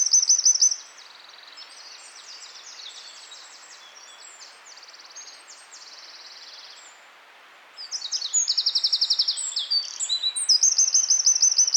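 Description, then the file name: Eurasian wren song, a loud burst of high rapid trills and twittering notes at the start, a quieter stretch, then another fast, ringing trilled phrase near the end. "Troglodytes troglodytes"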